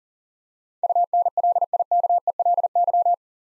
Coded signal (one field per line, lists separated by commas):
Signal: Morse code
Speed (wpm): 42 wpm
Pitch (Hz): 700 Hz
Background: none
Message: UNLIKELY